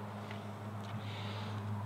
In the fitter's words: the floor mat snaps in place see it doesn't slide around on you